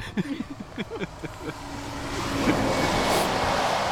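After a few brief vocal sounds, a broad rushing noise swells up and holds steady, like a strong gust of wind blowing across the microphone.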